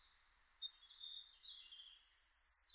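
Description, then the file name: Eurasian wren singing a brief burst of rapid, high-pitched trills that grows louder and more energetic after a short silent start. Recorded 5 June 2005. "050605 misosazai"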